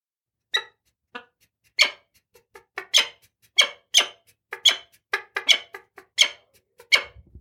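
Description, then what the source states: Peregrine falcon giving harsh, grating notes repeated in an irregular series, each note a brief rasping burst, many in quick succession. Found on mountain cliffs.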